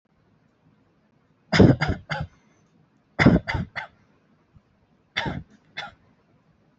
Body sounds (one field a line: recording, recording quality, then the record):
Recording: shallow voluntary cough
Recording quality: excellent, no background noise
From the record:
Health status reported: healthy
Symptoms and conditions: none ticked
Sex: male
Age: 23 years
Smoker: not ticked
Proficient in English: yes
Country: India